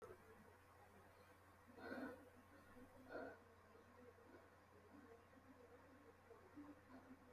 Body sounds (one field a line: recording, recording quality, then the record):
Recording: deep breathing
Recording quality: excellent, no background noise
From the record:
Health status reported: healthy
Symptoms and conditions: hypertension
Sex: male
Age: 29 years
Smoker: not ticked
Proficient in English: yes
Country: India